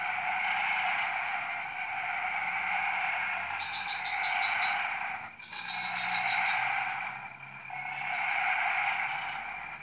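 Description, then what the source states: Frog chorus swelling and fading in waves, dense trilling overlaid by short series of fast clicking pulses. Frog chorus recorded at 03:00 on Tuesday 14 February 2017 at Jalan Kolonel Sugiono No. 9, Kuala Kapuas, Central Kalimantan, Indonesia.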